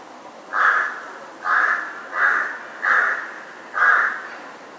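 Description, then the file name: Crow giving five harsh, hoarse caws in a series, over light background hiss. "crow cawing"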